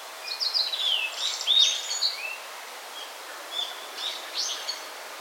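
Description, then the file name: Yellow Bunting song: a run of thin, high whistles and downslurred buzzy notes, then a softer repeat of similar high notes. "Emberiza sulphurata"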